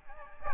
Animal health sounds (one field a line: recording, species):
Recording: mosquito wingbeat signal from an infrared sensor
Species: Aedes albopictus